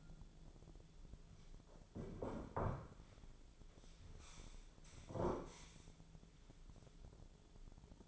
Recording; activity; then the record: daily activity, microphone in the room; sit down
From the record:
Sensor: 5